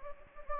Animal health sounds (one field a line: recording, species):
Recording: mosquito wingbeat signal from an infrared sensor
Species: Anopheles gambiae